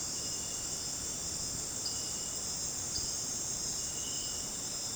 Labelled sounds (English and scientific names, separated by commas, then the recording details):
none
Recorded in dense forest near Puerto Asís, Putumayo, Colombia, on 13 March 2025 at 18:30
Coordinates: 0.486, -76.317
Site G053